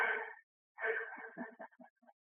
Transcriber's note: laughs